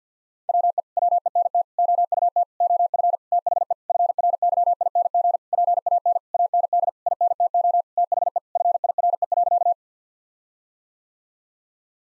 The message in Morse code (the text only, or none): WE WENT OUT OF THE FRYING PAN AND INTO THE FIRE.